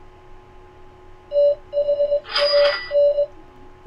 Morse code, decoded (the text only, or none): THAN